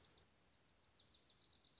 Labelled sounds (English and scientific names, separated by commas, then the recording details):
Wilson's Warbler (Cardellina pusilla)
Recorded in Sonoma County, California